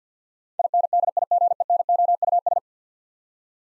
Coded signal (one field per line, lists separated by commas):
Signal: Morse code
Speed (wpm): 53 wpm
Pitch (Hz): 700 Hz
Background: none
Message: INDIGENOUS